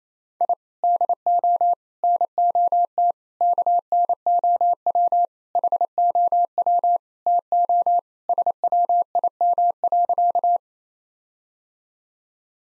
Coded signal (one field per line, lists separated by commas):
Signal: Morse code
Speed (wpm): 28 wpm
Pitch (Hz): 700 Hz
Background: none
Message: I DO NOT KNOW HOW TO SWIM.